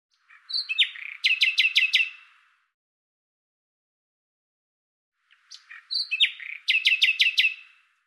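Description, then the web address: Common nightingale song: two near-identical phrases a few seconds apart, each a rising slur followed by five or six loud, evenly spaced staccato notes. "Deverinetal 2025"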